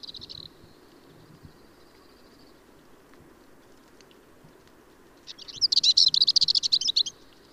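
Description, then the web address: Marmora's warbler singing: a short scratchy opening, a faint buzzy trill, then after a pause a loud, fast, rasping warble. "Magnanina sarda"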